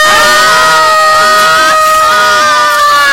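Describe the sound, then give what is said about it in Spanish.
A loud, sustained high-pitched scream in reaction to a film scene, wavering up and down in pitch, holding without a break for about three seconds, with a faint crowd-like murmur beneath it. “Ay, el típico grito de placer al ver una escena de arte y ensayo por primera vez.”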